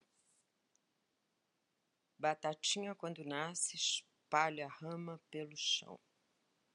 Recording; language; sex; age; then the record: short text; Brazilian Portuguese; female; 60 to 69 years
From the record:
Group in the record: control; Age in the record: 68 years